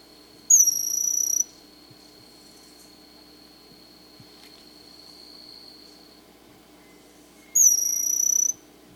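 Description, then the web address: Bronze-olive pygmy-tyrant calling twice, each a high, thin, finely trilled note about a second long, roughly seven seconds apart. Recorded in Ecuador. "Birds of Ecuador. Bronze-olive Pygmy-Tyrant"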